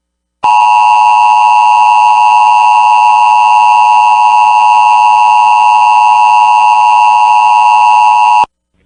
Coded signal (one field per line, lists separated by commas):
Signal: Emergency Alert System (SAME) tones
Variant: 853 and 960 Hz attention tone